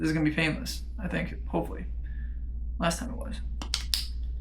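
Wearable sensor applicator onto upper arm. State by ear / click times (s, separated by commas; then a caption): seated / 3.7 s, 3.9 s. Someone talks, then presses the button of a spring-loaded applicator all the way down with two fingers, firing it to set a wearable sensor into the skin of the upper arm. Sharp clicks ring out at 3.7 s and 3.9 s, and the sensor is seated.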